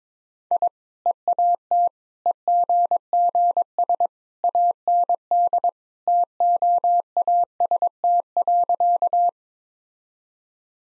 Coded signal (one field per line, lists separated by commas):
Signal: Morse code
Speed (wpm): 22 wpm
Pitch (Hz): 700 Hz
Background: none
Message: I EAT EGGS AND TOAST.